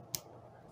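A 3.5 mm plug on a Boya BY-M1 lapel microphone is pushed into a 6.5 mm jack adapter, and one sharp, bright click sounds at 0.2 s (0.15 s) over a quiet background. The plug is now seated in the adapter.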